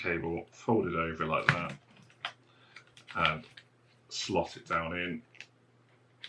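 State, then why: Not seated. Someone talks while the keyboard ribbon cable of a Dell Inspiron 1525 laptop is folded over and slotted down into its motherboard connector during a keyboard replacement, with a few faint, short handling ticks between the words. The clip ends before the connector's plastic locking flap is pressed closed, so nothing has seated or clicked yet.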